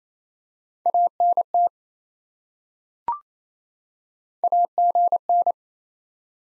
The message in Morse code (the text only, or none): ANT AGN